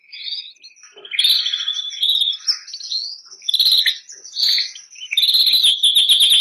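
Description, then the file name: Canary song of ringing trills and whistled phrases, with a loud rolling trill at the close. "canto do canario bernois"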